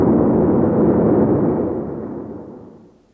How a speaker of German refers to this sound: Das entsteht da, wo die kalte Luft den heißen Düsenstrahl kaputt reibt. Natürlich hat die 707 Schalldämpfer, aber Auspufftöpfe von 15 Metern Länge, das ist natürlich nicht möglich.